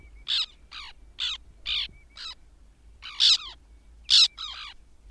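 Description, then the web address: White-winged tern grating calls, a rapid series of rasping notes, some quieter, with several loud harsh notes near the end. "Madardalok Cd 3. Fehérszárnyú szerkő"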